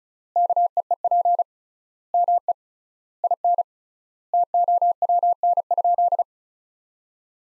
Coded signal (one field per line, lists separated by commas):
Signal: Morse code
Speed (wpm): 34 wpm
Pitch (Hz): 700 Hz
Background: none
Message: KEEP ME IN TOWN?